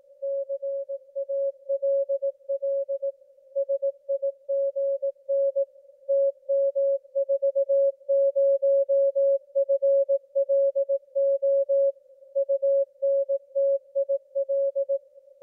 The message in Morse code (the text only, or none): CALL SIGN TM40FLO UNTIL